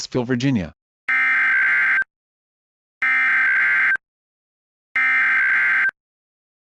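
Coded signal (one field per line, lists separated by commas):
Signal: Emergency Alert System (SAME) tones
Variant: header bursts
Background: speech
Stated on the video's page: Fictional mock alert.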